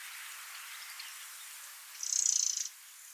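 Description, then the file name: Eurasian wren giving a single short, dry, high-pitched rattling churr lasting under a second, rapidly pulsed, over a faint steady background hiss. "Troglodytes troglodytes 190321"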